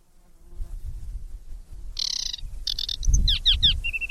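Bird: low rumbling noise at first, then a bird's harsh buzzy calls, a few quick down-slurred notes and a thin steady whistle to close.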